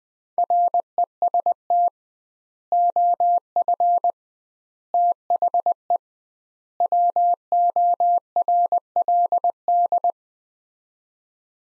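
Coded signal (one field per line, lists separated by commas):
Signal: Morse code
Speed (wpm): 20 wpm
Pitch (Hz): 700 Hz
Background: none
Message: REST OF THE WORLD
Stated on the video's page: Head-copy drill of four-word sets at 20 wpm with 2x word spacing, a Farnsworth-like method; each set sent, spoken, then sent again.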